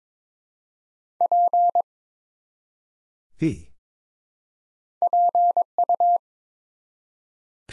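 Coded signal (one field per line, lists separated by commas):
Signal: Morse code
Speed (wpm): 22 wpm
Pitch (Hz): 700 Hz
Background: none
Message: P PU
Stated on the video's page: Morse practice at 22 wpm building 3- to 5-letter words one letter at a time, for instant character recognition.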